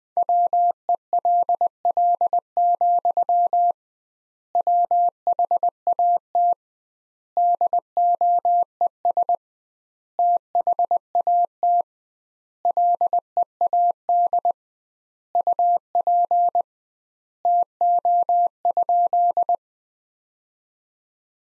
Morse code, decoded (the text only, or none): WELL, WHAT DOES THAT LEAD UP TO?